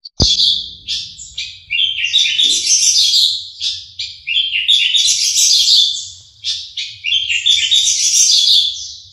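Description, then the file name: Horsfield's bush lark singing varied high trills and chirping phrases, opening after a brief click, continuous with short pauses. Individual bird named Mercy, owned by Om Donny; kept bird. "audio branjangan mercy milik om donny marga omkicau com"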